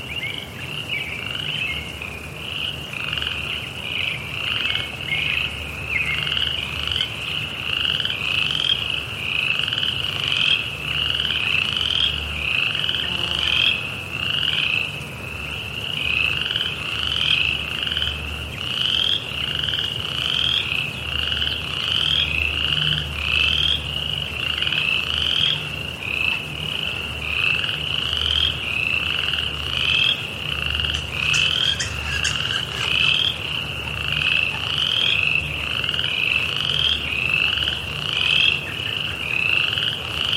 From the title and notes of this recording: Summer Evening Forest Ponds. Nestled in the Pike National Forest tucked away in the Rocky Mountains, a series of ponds are full of the evening bustle.